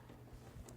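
With a bobbin on the winding pin of a Singer Tradition 2263 sewing machine, the bobbin winder pin is pushed over to the right so the machine knows to wind a bobbin. Over a low, quiet background, a short, sharp click is heard at 0.7 s as the pin snaps over and seats.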